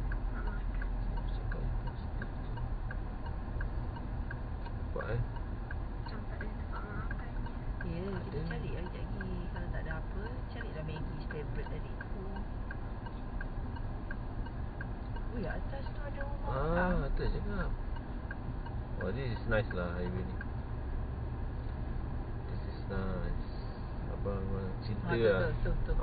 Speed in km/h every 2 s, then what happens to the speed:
24, 24, 24, 25, 25, 27, 30, 32, 34, 38, 41, 43, 47.
0-9 steady at about 24. 9-26 speeds up to 47.